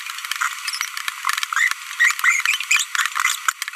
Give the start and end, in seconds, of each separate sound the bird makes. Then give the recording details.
1.53-1.72, 2.00-2.12, 2.24-2.41, 2.71-2.82, 3.16-3.35. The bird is a female. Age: 25 days. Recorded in a nest box in Venezuela. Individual 17B42B1